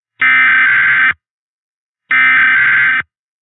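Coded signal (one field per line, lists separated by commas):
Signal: Emergency Alert System (SAME) tones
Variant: header bursts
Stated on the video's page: Fictional EAS scenario in analog-horror style, made with macros.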